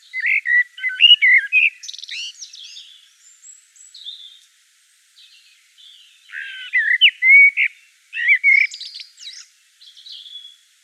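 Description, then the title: Common blackbird song with two phrases of liquid, fluting notes trailing into squeaky high flourishes, with a quiet gap between them. Common blackbird singing in Provence. "Sylvain Jaskowiak - Mes piafs. Merle noir en Provence"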